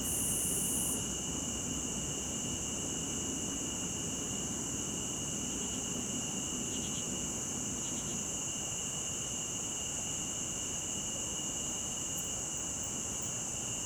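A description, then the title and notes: Crickets and cicadas drone in a steady, dense chorus of high, bright trills, with a brief sharper buzz at the start and low rumble beneath. Crickets and Cicadas.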